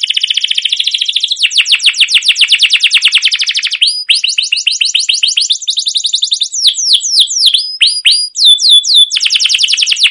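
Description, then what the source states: Canary singing continuously: dense fast trills of repeated notes alternating with downward-sweeping whistles and short clipped phrases. Used as a lure (pancingan) to train other canaries to sing; song described as chirping, rolling and long-running (cuit cuit ngerol gacor panjang).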